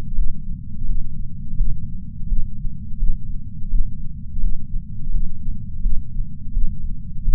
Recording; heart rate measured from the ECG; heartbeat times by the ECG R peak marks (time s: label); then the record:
heart sounds by patch sensor on the chest; 85 bpm
0.16 s: heartbeat
0.88 s: heartbeat
1.59 s: heartbeat
2.29 s: heartbeat
3.00 s: heartbeat
3.71 s: heartbeat
4.42 s: heartbeat
5.13 s: heartbeat
5.83 s: heartbeat
6.54 s: heartbeat
7.25 s: heartbeat
From the record:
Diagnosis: coronary artery disease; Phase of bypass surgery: postoperative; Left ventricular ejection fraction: 63%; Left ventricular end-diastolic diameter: 47 mm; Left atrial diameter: 42 mm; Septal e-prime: 6.9 cm/s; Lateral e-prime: 10.4 cm/s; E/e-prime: 10.3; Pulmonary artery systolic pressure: 20 mmHg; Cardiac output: 7.8 L/min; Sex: female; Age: 70 years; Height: 164 cm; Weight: 70 kg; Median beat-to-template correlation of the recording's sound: 0.88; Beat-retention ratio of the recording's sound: 1.00